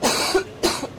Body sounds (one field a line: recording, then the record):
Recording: coughing mixed with background sound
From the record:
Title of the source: 61 morning phlegmy cough...again